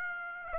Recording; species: mosquito wingbeat signal from an infrared sensor; Aedes aegypti